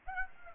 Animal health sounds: mosquito wingbeat signal from an infrared sensor; Aedes aegypti

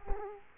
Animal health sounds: mosquito wingbeat signal from an infrared sensor; Culex quinquefasciatus

